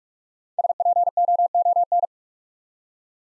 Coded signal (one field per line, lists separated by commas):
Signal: Morse code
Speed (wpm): 44 wpm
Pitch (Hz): 700 Hz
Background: none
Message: SPOON